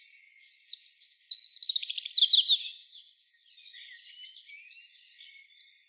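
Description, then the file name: Robin song: a dense run of high, jumbled trills and twittering notes that grows softer and thinner over several seconds. "Erithacus rubecula"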